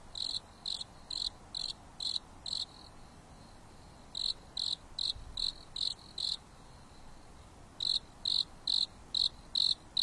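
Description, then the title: Insect chirping in steady runs of high pulsed chirps, roughly two per second, broken by short gaps, over faint background hiss. Insects singing leisurely at night on a mountain top under a starry sky, with a gentle breeze. "There is a gentle breeze blowing on the top of the mountain under the starry sky, and the insects are singing leisurely."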